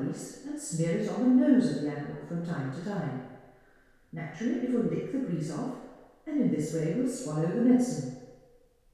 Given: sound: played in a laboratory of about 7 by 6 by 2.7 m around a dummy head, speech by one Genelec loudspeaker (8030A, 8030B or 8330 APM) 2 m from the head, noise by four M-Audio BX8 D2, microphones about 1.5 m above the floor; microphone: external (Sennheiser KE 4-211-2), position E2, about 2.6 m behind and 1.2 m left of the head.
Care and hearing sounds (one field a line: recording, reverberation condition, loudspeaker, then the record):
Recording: female speech in English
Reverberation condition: high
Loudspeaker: 150 degrees to the left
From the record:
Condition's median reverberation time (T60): about 1300 ms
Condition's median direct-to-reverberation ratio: about -4.0 dB